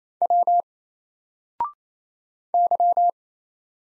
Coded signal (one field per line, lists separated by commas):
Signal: Morse code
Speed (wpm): 28 wpm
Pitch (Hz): 700 Hz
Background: none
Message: W Y